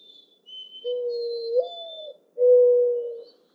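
Mourning dove coo: a low note sliding up into a longer inflected coo, then a single steady mournful coo, thin high bird notes faintly behind.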